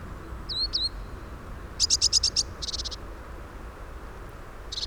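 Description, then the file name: Eurasian blue tit calls: two high swooping notes, then a rapid burst of buzzy clipped notes and a softer second burst. "Cyanistes caeruleus"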